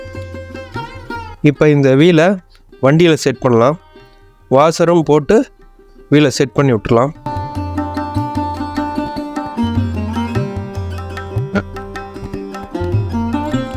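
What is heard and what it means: Someone talks over background music while the plastic rear wheel of a battery-operated kids' ride-on sports bike is fitted with a washer onto its rear axle. Short sharp knocks of handling are heard around 11.2, 11.8, 12.0 and 12.6 seconds. The wheel has not locked onto the axle yet, and nothing has seated or clicked.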